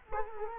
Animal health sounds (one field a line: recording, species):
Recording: mosquito wingbeat signal from an infrared sensor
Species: Culex quinquefasciatus